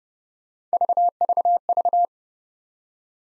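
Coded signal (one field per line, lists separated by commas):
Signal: none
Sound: three short separator beeps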